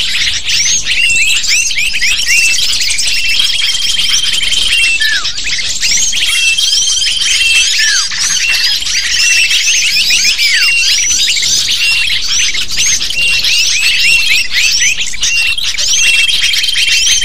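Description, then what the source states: Lovebirds calling in a dense, harsh, high-pitched chatter of rapid chirps and slurred squeaks, with thin level whistles in the background. Calls used as a lure to attract lovebirds.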